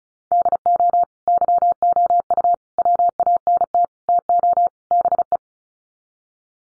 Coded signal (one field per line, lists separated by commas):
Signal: Morse code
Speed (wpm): 34 wpm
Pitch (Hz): 700 Hz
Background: none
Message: DO YOU WANT TO BE